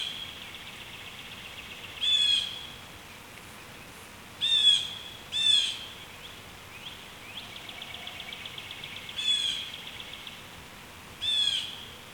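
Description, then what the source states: Blue jay: five harsh shrieks at irregular intervals, two of them close together, over a quiet hiss. Two birds shrieking.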